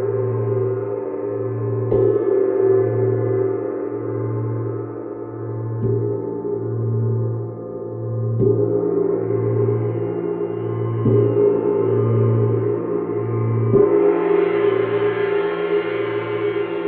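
A gong rings with long, sustained tones and a pulsing low hum that swells and fades about twice a second throughout. Fresh strikes land roughly every three seconds, near 2, 6, 8.5, 11 and 14 seconds, each adding brighter shimmer, strongest toward the end.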